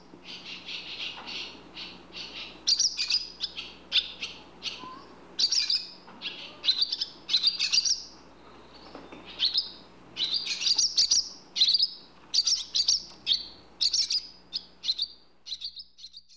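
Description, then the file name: Barn swallow twittering song, rapid chattering notes with buzzy bursts, continuous throughout with short pauses. "Rauchschwalbe Voegel in Europa"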